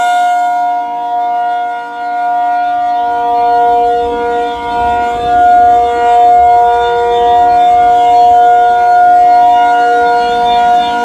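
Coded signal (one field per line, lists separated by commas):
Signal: siren signal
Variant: ACA P-50, reverse wired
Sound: continuous steady siren tone with slowly rising and falling loudness as it rotates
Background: outdoor ambience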